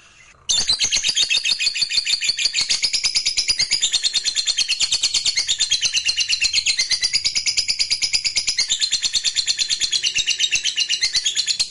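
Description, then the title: Lovebird giving a long, unbroken, rapid chattering trill, high and harsh, running for over ten seconds after a brief quiet start. Fighter lovebird; ngekek panjang, a long trill. "Begitu Dengar Suara Lovebird FIGHTER NGEKEK PANJANG"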